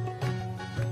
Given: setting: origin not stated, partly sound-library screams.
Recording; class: one-second piece from a danger detection set; normal situation